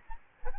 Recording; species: mosquito wingbeat signal from an infrared sensor; Aedes albopictus